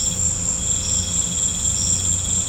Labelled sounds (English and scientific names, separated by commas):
none